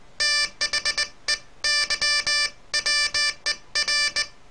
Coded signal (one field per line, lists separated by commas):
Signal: Morse code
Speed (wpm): 20 wpm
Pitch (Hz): 1750 Hz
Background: none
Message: THEY WER